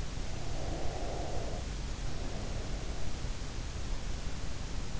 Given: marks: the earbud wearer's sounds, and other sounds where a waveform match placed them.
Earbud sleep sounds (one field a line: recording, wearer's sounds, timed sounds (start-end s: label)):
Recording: sounds in sleep by an in-ear microphone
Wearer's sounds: breath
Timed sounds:
0.10-3.61 s: breath